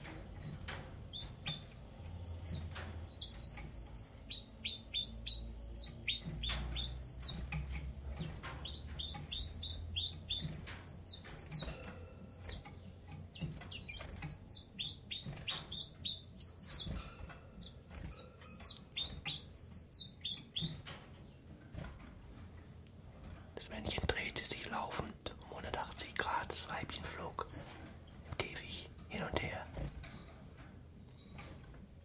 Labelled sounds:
Common Chiffchaff

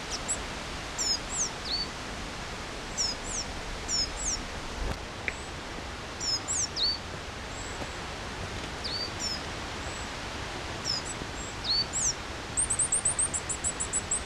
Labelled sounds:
Coal Tit call

